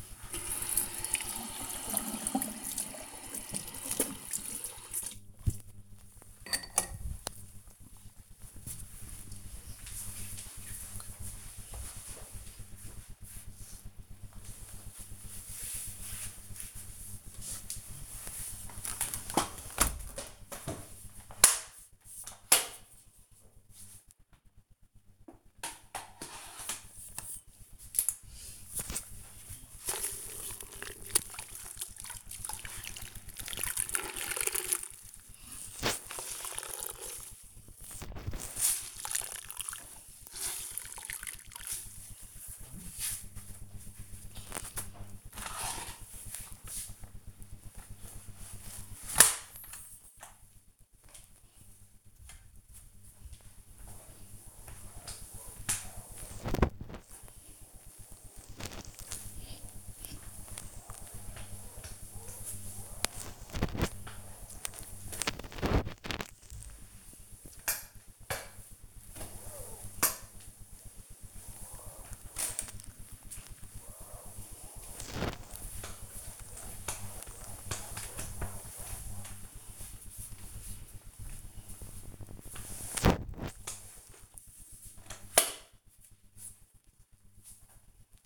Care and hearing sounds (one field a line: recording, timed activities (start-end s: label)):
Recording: household activities, microphone on the right wrist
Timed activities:
0.00-5.97 s: brushing teeth
17.06-88.26 s: floor cleaning